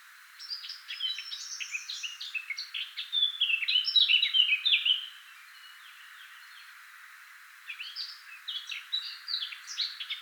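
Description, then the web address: Eurasian blackcap song, a rich, rapid warble of chattering and whistled notes that peaks midway, pauses for about two seconds, then resumes more softly. "SETE Sylvia atricapilla"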